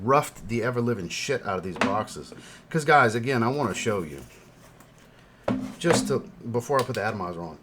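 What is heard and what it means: Someone talks while handling a cap and a clone fragrance bottle. A sharp handling sound comes at about 5.5 s, but the cap has not clicked into place yet; nothing has seated.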